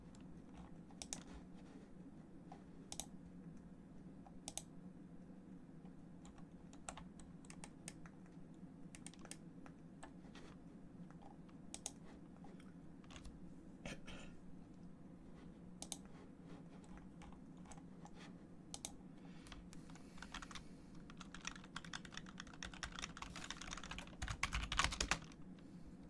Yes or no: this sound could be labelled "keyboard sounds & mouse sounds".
yes